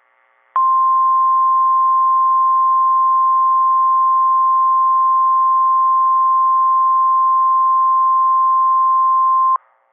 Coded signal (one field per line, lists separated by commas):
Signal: Emergency Alert System (SAME) tones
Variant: 1050 Hz attention tone